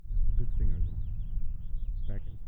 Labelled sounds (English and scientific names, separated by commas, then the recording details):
House Finch (Haemorhous mexicanus) song
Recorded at WGilgo Beach on Long Island, New York, on 22 May 1975
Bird F